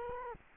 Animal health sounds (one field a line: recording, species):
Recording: mosquito wingbeat signal from an infrared sensor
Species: Culex quinquefasciatus